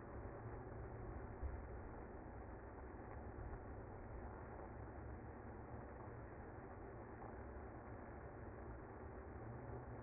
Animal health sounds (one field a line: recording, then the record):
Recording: honeybee colony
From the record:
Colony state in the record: active